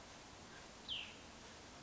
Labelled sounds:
Cassin's Vireo
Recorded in Sonoma County, California

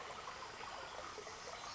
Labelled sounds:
Pacific Wren
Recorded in Sonoma County, California

